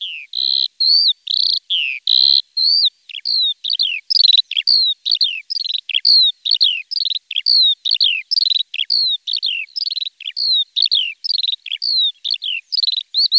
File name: sky lark